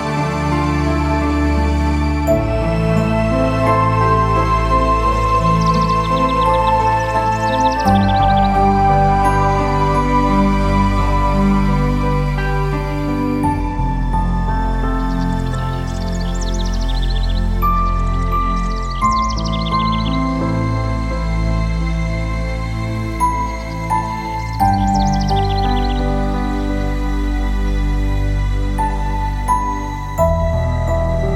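Soft, steady music with held low tones and gently shifting chords, while brief bird chirps flutter in high around 7, 15, 19 and 26 seconds.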